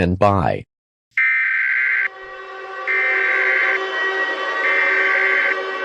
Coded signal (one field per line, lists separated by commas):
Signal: Emergency Alert System (SAME) tones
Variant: header bursts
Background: speech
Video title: EAS SCENARIO 34: Steve Cob's Revenge